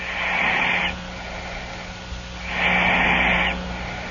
Going a little fast there. Whistling. A little whistle at the end of that inspiration.